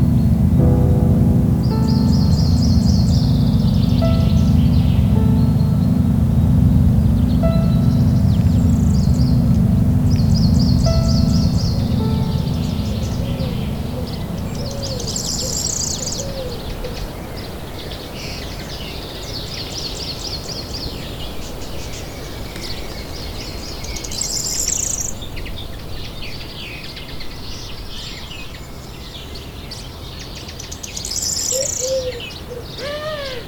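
Nature sounds with birds chirping in short, bright bursts every few seconds throughout. A heavy, steady low rumble fills the first dozen seconds, then fades, leaving a softer hiss under the calls and a few rising whistles near the end.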